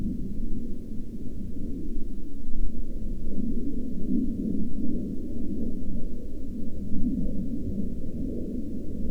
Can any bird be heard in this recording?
no